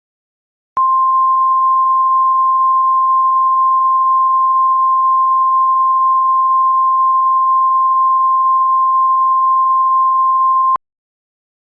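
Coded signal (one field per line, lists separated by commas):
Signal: Emergency Alert System (SAME) tones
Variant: 1050 Hz attention tone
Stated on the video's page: Fictional EAS scenario.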